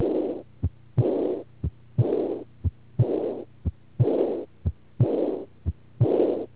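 An adult heart heard through a stethoscope, beating regularly at about 59 per minute. Each second heart sound is followed by a loud, blowing murmur that fades through early diastole. This decrescendo diastolic murmur is typical of aortic regurgitation, where blood leaks back through the aortic valve.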